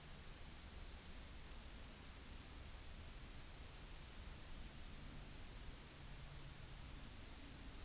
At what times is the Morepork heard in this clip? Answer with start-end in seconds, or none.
none